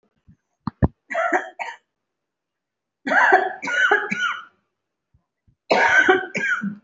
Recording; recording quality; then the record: shallow voluntary cough; excellent, no background noise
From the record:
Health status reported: respiratory illness, not identified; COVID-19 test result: not tested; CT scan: not taken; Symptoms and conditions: cough, breathing difficulty, asthma, another respiratory illness, hypertension, another condition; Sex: female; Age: 42 years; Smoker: no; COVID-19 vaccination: none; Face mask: worn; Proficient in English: no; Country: India